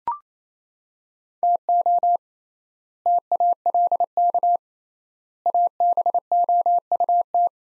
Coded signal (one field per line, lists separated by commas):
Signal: Morse code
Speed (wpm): 28 wpm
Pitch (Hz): 700 Hz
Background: none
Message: TO TALK ABOUT